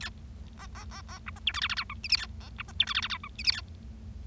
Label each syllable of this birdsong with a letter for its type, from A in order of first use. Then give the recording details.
A B B B B C D E F G G H I J K A B C D E F G G H I J K A. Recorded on 25 March 2012 at 19:45. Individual gy6or6